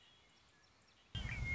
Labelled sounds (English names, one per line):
Red-winged Blackbird